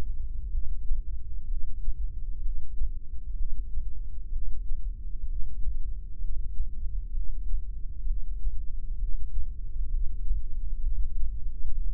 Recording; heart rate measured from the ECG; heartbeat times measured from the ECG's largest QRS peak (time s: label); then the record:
heart sounds by microphone in the left ear; 64 bpm
0.53 s: heartbeat
1.50 s: heartbeat
2.43 s: heartbeat
3.38 s: heartbeat
4.33 s: heartbeat
5.28 s: heartbeat
6.22 s: heartbeat
7.15 s: heartbeat
8.08 s: heartbeat
9.00 s: heartbeat
9.92 s: heartbeat
10.83 s: heartbeat
11.75 s: heartbeat
From the record:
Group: heart failure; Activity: rest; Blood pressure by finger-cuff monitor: 136/95 mmHg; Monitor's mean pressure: 109 mmHg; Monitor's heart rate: 65 bpm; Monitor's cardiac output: 5.9 L/min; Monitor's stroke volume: 91 mL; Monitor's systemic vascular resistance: 1340 dyn s/cm5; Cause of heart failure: idiopathic cardiomyopathy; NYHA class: 1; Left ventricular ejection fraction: 50%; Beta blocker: bisoprolol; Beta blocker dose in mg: 5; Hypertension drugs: candesartan, spironolactone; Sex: male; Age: 54 years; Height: 180 cm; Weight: 94.6 kg